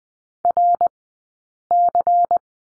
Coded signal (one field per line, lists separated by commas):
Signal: Morse code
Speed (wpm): 20 wpm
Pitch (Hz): 700 Hz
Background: none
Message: RC